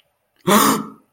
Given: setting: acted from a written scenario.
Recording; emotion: vocal sound without words; fear